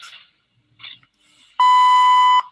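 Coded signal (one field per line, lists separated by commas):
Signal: radio time signal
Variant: WWV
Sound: near silence with faint brief noises, then one steady 1 kHz tone lasting under a second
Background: faint radio static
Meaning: The 1000 Hz long tone marks the start of a new minute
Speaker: at the tone 12 hours two minutes coordinated universal time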